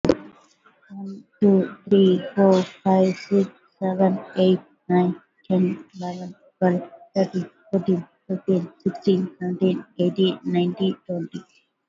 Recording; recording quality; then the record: counting at a normal pace; excellent, no background noise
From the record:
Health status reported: COVID-19 positive, moderate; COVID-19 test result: positive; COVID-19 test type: RT-PCR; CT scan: not taken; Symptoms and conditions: cough, fever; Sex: female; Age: 45 years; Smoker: no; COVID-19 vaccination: one dose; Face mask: worn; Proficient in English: yes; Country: India